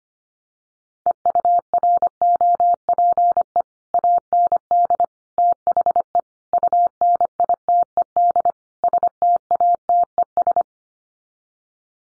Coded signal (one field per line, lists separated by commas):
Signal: Morse code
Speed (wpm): 25 wpm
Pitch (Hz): 700 Hz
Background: none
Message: EUROPE AND THE UNITED STATES